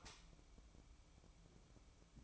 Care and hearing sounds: daily activity, microphone in the room; light off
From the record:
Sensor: 1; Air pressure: 1008.0 hPa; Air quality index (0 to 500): 120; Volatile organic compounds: 2 ppm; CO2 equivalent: 1011 ppm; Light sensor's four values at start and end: 12/30/12/13 and 11/27/11/12

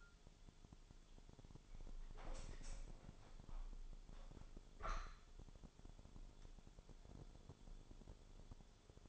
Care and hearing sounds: daily activity, microphone in the room; open window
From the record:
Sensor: 5

